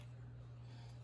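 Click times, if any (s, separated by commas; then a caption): none. The plastic body of a First Alert battery-powered smoke alarm with a silence button is being placed onto its wall mounting bracket and turned so its tabs can lock in. Only a steady, quiet low hum and a faint soft tick at the very start are heard. Nothing has seated or clicked into the bracket yet.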